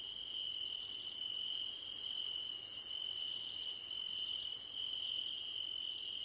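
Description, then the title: Crickets trilling in rhythmic pulsed bursts separated by short silences, backed by a steady high-pitched insect hum. Crickets at night under a starlit sky; described as a gentle hum. "Nighttime Ambience with Crickets 🌃"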